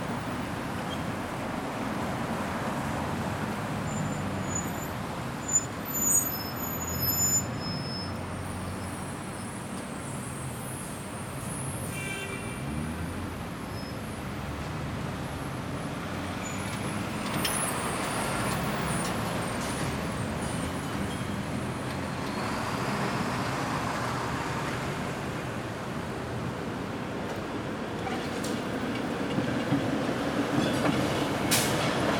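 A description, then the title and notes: Steady traffic noise forms a dense, continuous rumble, with faint high chirps near six seconds and a brief bright click near thirty. Traffic White Noise. The white noise of traffic.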